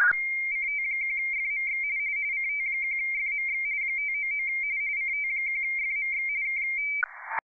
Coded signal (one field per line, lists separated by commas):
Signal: RTTY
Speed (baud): 45.45 baud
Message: CT1FMX CT1FMX 599 CT1FMX K